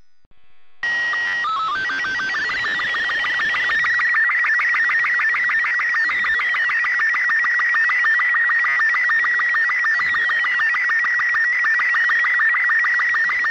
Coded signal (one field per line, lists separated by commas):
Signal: SSTV (slow-scan television)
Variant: Robot 36